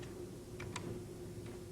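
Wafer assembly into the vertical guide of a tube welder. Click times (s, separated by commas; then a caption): 0.6 s, 0.8 s. A wafer assembly is pressed into the vertical guide of a tube welding device, with its blue side matched to the colour-coded labels on the left side. Two short, bright ticks at 0.6 s and 0.8 s mark it clicking into place over a steady low hum. The wafer assembly is seated.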